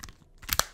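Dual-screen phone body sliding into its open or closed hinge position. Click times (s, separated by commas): 0.5 s, 0.6 s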